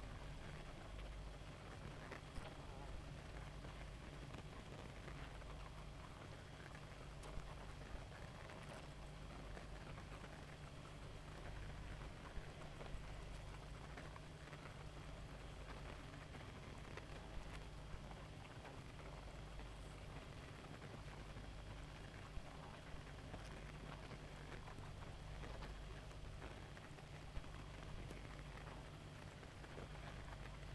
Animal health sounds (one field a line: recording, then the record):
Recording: honeybee colony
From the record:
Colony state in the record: active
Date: 28 July 2017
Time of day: 0:24